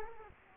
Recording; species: mosquito wingbeat signal from an infrared sensor; Culex quinquefasciatus